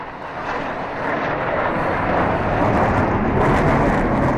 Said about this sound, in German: Um 15.50 Uhr donnern zwei F-16-Kampfjets im Tiefflug über das Stadtzentrum hinweg und drehen ab Richtung Osten. Eine Machtdemonstration. Der Lärm ist so ohrenbetäubend, dass wir uns instinktiv ducken.